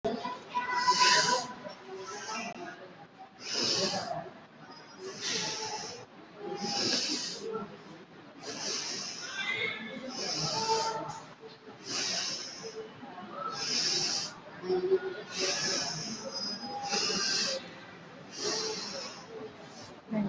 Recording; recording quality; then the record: deep breathing; excellent, no background noise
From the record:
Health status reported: COVID-19 positive, moderate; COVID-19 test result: positive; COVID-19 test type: RT-PCR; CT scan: taken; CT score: 4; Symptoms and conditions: cough, cold, fatigue, muscle pain, loss of smell and taste, another respiratory illness, hypertension, diabetes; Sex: female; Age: 46 years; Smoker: no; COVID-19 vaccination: both doses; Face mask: worn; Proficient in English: yes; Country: India